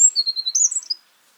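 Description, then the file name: Eurasian wren, one brief run of high, thin notes that slide and flicker for about a second, then silence. "Troglodytes troglodytes"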